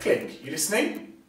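Someone talks while a plastic lid is pressed onto an empty plastic film canister to show the sound it makes. The lid is handled but not yet home; nothing has seated or clicked yet by the end of the clip.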